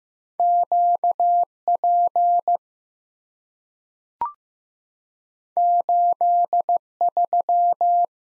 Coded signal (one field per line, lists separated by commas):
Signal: Morse code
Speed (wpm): 15 wpm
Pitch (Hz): 700 Hz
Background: none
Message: Q P 8 3